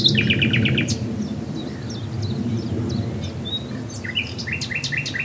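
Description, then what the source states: Common nightingale song opening with a rapid series of repeated notes, then scattered thin whistles, ending in a hard rattling run, with constant low rumble behind. Recorded at Swale.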